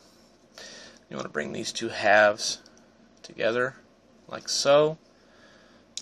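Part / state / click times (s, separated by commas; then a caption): plastic toy body halves joining each other / seated / 6.0 s. Someone talks while bringing two plastic body halves of a transforming action figure together. A sharp tick at 6.0 seconds marks the halves snapping together and seating.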